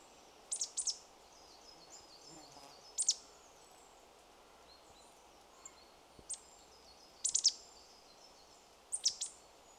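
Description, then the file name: Marsh tit giving scattered high, clipped call notes in small bursts every couple of seconds, fairly faint over a soft background hiss. "Poecile palustris"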